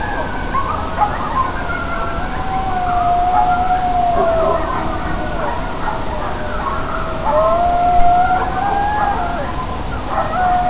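Coyote howling, long wavering wails that rise and fall, over a steady background hiss.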